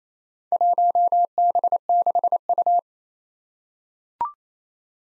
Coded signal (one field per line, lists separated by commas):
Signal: Morse code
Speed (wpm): 29 wpm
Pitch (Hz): 700 Hz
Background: none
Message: 1B6U